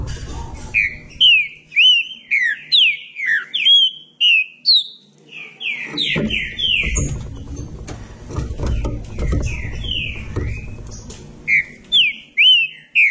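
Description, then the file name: Green-winged saltator singing a long series of bright whistled notes, many slurred downward, pausing briefly. Low rumbling noise in the middle of the song. "canto do trinca ferro"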